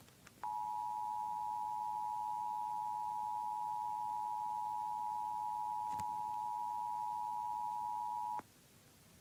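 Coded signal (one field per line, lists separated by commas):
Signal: Emergency Alert System (SAME) tones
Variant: 853 and 960 Hz attention tone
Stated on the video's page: Iowa Required Monthly Test originated from an AM station and relayed to all Iowa radio and TV stations.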